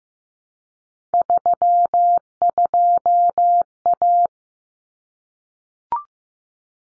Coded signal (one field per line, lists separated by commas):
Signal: Morse code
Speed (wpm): 15 wpm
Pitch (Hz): 700 Hz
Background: none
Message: 32A